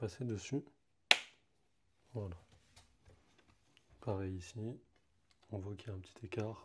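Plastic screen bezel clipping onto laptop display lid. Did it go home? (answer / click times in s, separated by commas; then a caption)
yes / 1.1 s. A plastic screen bezel on an HP EliteBook 840 G4 laptop, unclipped in some spots after a screen replacement, is pressed over again onto the display lid. One sharp snap at 1.1 seconds shows the bezel clipping home, with someone talking before and after.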